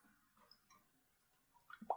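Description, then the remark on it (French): A can of hazy beer is opened, a quick soft pop with a faint hiss arriving at the very end after near silence. The sound is short, quiet, and has no voices over it. “Non, tu fais des petits pchit. Ça fait un petit pchit.”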